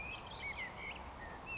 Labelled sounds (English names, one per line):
Eurasian Woodcock whistle